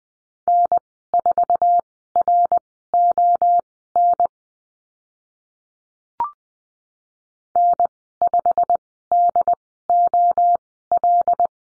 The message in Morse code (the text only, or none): N4RON N5DOL